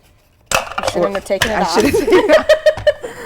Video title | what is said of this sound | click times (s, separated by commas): Strawberry Lime Sorbet | you gotta manipulate it a little bit because you got to make sure it's locked I'm | 0.8 s